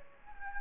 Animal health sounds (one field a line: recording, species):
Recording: mosquito wingbeat signal from an infrared sensor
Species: Anopheles gambiae